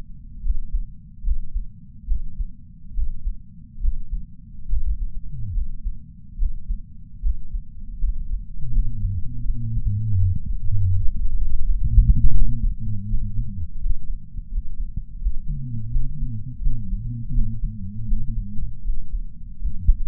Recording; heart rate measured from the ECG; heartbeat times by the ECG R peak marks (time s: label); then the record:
heart sounds by patch sensor on the chest; 78 bpm
0.41 s: heartbeat
1.22 s: heartbeat
2.06 s: heartbeat
2.93 s: heartbeat
3.79 s: heartbeat
4.67 s: heartbeat
5.52 s: heartbeat
6.36 s: heartbeat
7.20 s: heartbeat
7.99 s: heartbeat
8.71 s: heartbeat
9.44 s: heartbeat
10.17 s: heartbeat
10.91 s: heartbeat
11.63 s: heartbeat
12.35 s: heartbeat
13.07 s: heartbeat
13.79 s: heartbeat
14.51 s: heartbeat
15.21 s: heartbeat
15.90 s: heartbeat
16.60 s: heartbeat
17.32 s: heartbeat
18.06 s: heartbeat
18.83 s: heartbeat
19.60 s: heartbeat
From the record:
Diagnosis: coronary artery disease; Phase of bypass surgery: preoperative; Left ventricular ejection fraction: 62.4%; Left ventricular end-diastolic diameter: 53 mm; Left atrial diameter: 33 mm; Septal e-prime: 9.2 cm/s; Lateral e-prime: 11.3 cm/s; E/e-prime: 6.9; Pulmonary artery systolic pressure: 26 mmHg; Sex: male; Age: 35 years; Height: 178 cm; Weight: 58 kg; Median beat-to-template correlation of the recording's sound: 0.86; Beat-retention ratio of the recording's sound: 0.99